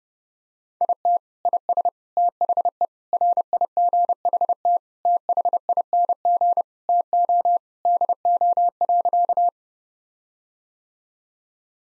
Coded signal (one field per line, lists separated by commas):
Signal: Morse code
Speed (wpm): 28 wpm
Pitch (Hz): 700 Hz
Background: none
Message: IT IS THE RIGHT THING TO DO.